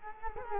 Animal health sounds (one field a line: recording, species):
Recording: mosquito wingbeat signal from an infrared sensor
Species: Culex quinquefasciatus